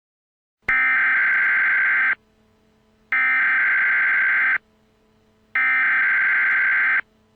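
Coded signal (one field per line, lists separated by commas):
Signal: Emergency Alert System (SAME) tones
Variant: header bursts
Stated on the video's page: Entirely fictional alert scenario that would not happen in real life.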